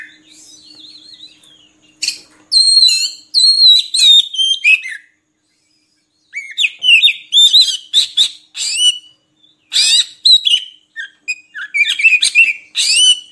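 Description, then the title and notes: Oriental magpie-robin song, a soft warbled opening, then loud varied whistles and scratchy notes in quick bursts, with one silent gap midway. Kacer song meant as training material so kept magpie-robins sing actively (gacor) day and night. "Kacer Jadi Gacor Siang Malam. Isian Kacer Durasi Panjang"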